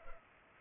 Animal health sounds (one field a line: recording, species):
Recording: mosquito wingbeat signal from an infrared sensor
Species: Culex pipiens